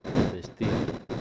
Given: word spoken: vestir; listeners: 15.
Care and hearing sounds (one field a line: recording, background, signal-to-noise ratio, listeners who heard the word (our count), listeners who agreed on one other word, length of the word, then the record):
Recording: one Spanish word in noise, from a listening test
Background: noise modulated by one talker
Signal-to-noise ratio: -7.9 dB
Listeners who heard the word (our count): 3 of 15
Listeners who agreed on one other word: 7 of 15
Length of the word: 0.81 s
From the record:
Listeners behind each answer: 7, 3, 3, 1, 1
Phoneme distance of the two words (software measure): 27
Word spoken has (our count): 2 syllables, 6 phonemes, stress on syllable 2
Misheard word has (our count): 3 syllables, 7 phonemes, stress on syllable 2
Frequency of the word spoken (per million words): 10.85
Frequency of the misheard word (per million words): 90.34